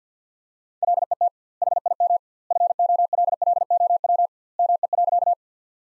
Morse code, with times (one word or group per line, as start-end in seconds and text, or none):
0.8-1.3 LET
1.6-2.2 HIM
2.5-4.3 FOLLOW
4.6-5.3 ME.